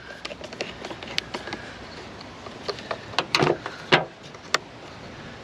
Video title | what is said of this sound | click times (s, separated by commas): How to Replace the Air Filter on a 2022 Chevy, 6.6 L Duramax Diesel | hear that click, and then lock it into place. | 4.5 s